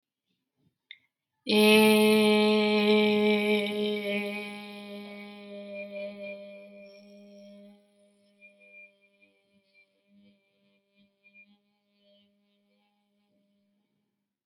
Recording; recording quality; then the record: sustained vowel as in made; excellent, no background noise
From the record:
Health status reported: healthy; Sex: female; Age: 20 years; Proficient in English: yes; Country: India